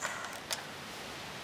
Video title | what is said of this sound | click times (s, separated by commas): LR3/LR4 Discovery fuel filler latch replacement - Land Rover Discovery 3 and 4 | you just push that until it clicks in place | 0.5 s